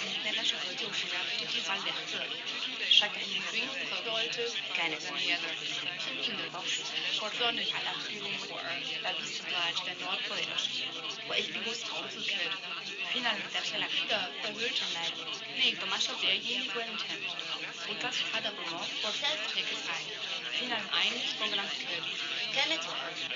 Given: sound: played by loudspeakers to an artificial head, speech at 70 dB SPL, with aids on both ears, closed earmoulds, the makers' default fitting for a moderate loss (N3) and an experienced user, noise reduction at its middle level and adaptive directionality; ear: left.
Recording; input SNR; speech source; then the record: speech test signal (ISTS) in cocktail-party noise; 0 dB; in front (0 degrees)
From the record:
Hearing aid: class 1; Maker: G